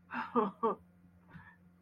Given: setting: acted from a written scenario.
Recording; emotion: vocal sound without words; sadness